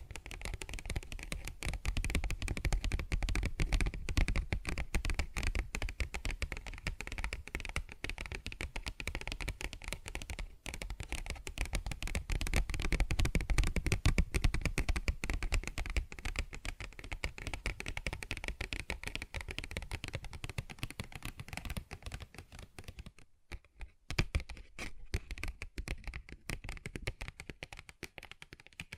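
Fingers tap and scratch on a paper bag in a dense, rapid, uneven patter of crisp clicks and rustles with a soft low thump underneath. The activity holds steady for about twenty seconds, drops away briefly near 23 seconds, then resumes sparser and quieter.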